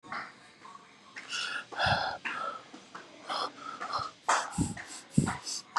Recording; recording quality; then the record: shallow breathing; moderate, slight background noise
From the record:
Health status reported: COVID-19 positive, mild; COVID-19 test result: positive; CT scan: not taken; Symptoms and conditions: none ticked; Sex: male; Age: 24 years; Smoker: no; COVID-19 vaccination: both doses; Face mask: not worn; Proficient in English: yes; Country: India